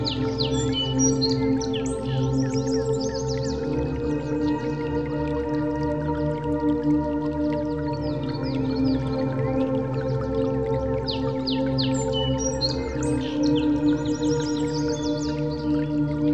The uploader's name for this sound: Nature Sound with background Bird chirping